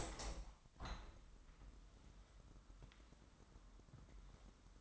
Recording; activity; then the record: daily activity, microphone in the room; open window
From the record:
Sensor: 3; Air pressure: 997.9 hPa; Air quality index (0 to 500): 135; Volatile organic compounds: 4 ppm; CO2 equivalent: 1608 ppm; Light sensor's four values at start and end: 14/42/17/16 and 14/41/17/15